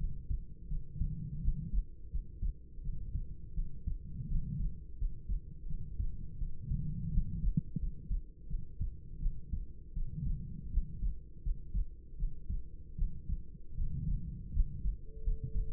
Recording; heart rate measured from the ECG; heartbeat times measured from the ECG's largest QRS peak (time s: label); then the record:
heart sounds by stethoscope; 83 bpm
0.68 s: heartbeat
1.40 s: heartbeat
2.10 s: heartbeat
2.81 s: heartbeat
3.54 s: heartbeat
4.27 s: heartbeat
4.97 s: heartbeat
5.66 s: heartbeat
6.37 s: heartbeat
7.10 s: heartbeat
7.78 s: heartbeat
8.47 s: heartbeat
9.19 s: heartbeat
9.93 s: heartbeat
10.69 s: heartbeat
11.41 s: heartbeat
12.16 s: heartbeat
12.95 s: heartbeat
13.74 s: heartbeat
14.52 s: heartbeat
15.22 s: heartbeat
From the record:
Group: healthy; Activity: rest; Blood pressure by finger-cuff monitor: 126/76 mmHg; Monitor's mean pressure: 93 mmHg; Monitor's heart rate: 83 bpm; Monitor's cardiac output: 6.8 L/min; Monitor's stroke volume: 82 mL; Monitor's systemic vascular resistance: 990 dyn s/cm5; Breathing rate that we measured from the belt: 19 breaths a minute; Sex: female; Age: 26 years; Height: 165 cm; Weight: 55 kg